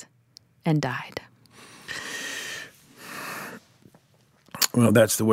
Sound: drawing a deep breath

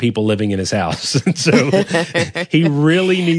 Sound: laughter

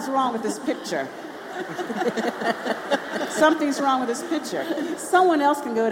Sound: laughter

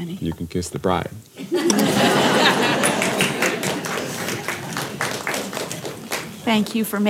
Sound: laughter & applause

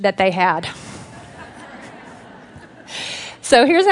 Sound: laughter

